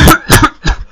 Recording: coughing